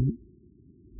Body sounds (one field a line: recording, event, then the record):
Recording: neck accelerometer signal played as sound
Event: no cough (speech, laughter, throat clearing or background)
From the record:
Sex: male